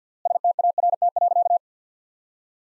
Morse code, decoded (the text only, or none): START.